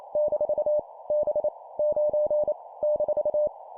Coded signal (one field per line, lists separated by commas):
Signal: Morse code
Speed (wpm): 28 wpm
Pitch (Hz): 600 Hz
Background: none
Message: - B 9 -